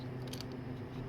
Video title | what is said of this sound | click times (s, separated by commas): Friday Night Futzin': Game Boy Color electrolytic capacitor replacement and reassembly | That just pops right in, so I guess we could have done that after we put the board in. | 0.4 s